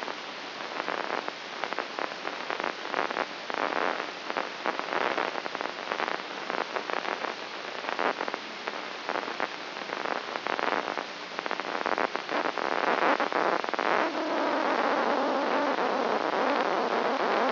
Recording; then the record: brain microelectrode recording played as sound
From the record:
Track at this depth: inside the subthalamic nucleus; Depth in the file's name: 3.431 mm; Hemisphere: left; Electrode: 3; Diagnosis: Parkinson's disease